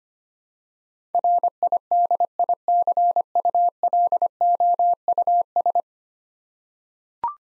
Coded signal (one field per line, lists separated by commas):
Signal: Morse code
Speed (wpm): 25 wpm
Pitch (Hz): 700 Hz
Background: none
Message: RIDICULOUS